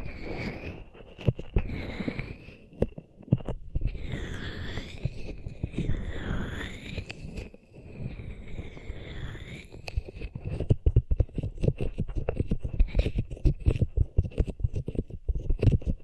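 Hands rub over the ears, making a dense, muffled rumbling and scratchy friction with sharp little crackles throughout. Swirling whooshing strokes sweep up and down between about 4 and 10 seconds, then the last stretch turns busier with rapid, irregular crackling taps.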